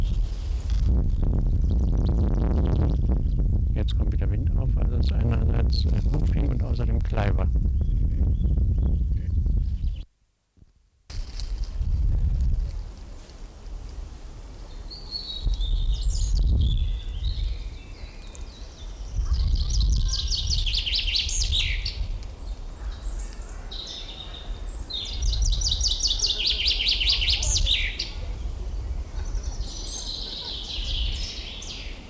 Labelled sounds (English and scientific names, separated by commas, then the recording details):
Common Chaffinch (Fringilla coelebs)
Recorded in the wild
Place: Mühlenbeck, Brandenburg, DE
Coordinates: 52.67, 13.38
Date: 1996-04-28 15:54
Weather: heiter-wolkig, 17°C
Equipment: Sony MD-WM MZ-R3, Sennheiser MKH 416 T, Kopie Uher 4000 Report Monitor
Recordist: Tembrock, Günter